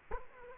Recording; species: mosquito wingbeat signal from an infrared sensor; Culex quinquefasciatus